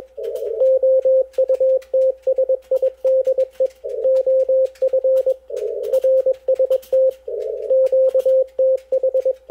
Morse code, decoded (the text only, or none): OUTSIDE OF RST QTH